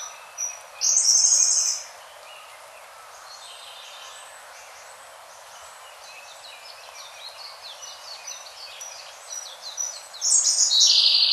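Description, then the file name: Siberian blue robin song: two loud, rapid, high rattling trills about nine seconds apart, with soft chirping in between. "koruri"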